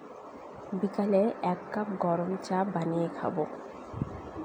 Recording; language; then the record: elicited speech; Bengali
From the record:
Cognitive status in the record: cognitively healthy